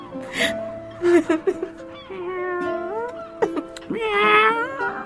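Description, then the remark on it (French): A shivering cat in Algeria meows plaintively several times, drawn-out wavering cries rising and falling in pitch, fairly loud, with brief pauses between calls and a long whining final meow. “Arrête de miauler, toi.”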